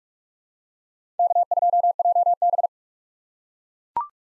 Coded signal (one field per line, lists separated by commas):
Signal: Morse code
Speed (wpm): 41 wpm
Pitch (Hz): 700 Hz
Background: none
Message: K2JB